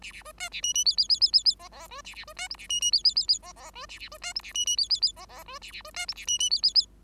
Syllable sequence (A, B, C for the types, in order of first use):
A A B C A D D E E E E E E F F B A A B C G A D D E E E E F F B A A B C G A D D E E E F F B A A B C G A D D E E E